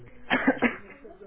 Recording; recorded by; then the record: voluntary cough; telephone call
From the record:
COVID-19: negative